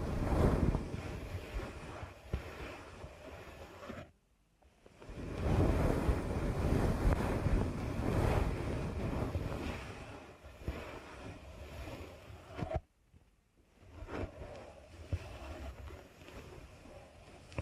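Deep ear canal massage sounds: dense, low, muffled rubbing and rumbling that swells and fades like surf. The texture is steady and thick with small crackles, broken by two near-silent pauses around 4 and 13 seconds before the rubbing resumes.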